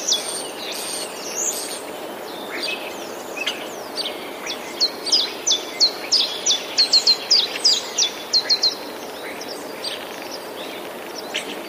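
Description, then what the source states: Common chiffchaff song: a rapid run of sharp, high, falling notes. Softer chirps come before it, over a steady background hiss. Recorded 11 April 2019.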